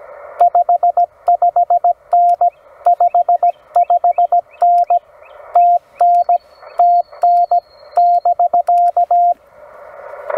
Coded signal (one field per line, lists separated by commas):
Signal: Morse code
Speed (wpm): 17 wpm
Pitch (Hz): 700 Hz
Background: radio noise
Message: 55N 55N TN TN <BK>